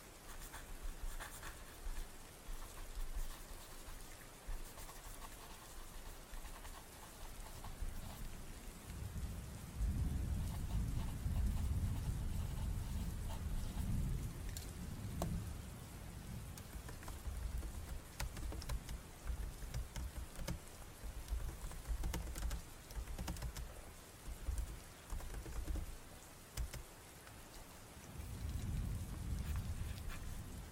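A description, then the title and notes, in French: Rain falls steadily and densely throughout, with a crackling patter spread across the whole range. Deep low rumbles swell in several times, strongest around ten to sixteen seconds and again near the end, like thunder rolling under the rain. Sons ASMR et de pluie.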